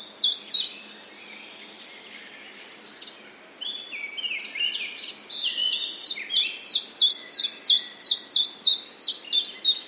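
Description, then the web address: Common chiffchaff singing a steady series of quick, high, evenly spaced notes, about three a second, following earlier chirps from other birds. Recorded 30 May 2021, with sparrows. "wroblowe kontra pierwiosnek 30 05 2021"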